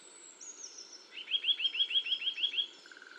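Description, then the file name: Eurasian nuthatch, a single fast series of about ten sharp rising whistles, preceded by a thin high descending note. "Sitta europaea"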